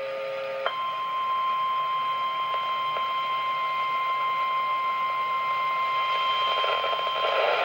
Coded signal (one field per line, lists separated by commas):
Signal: Emergency Alert System (SAME) tones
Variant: 1050 Hz attention tone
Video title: REAL EAS 956-Tornado warning